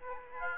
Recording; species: mosquito wingbeat signal from an infrared sensor; Aedes aegypti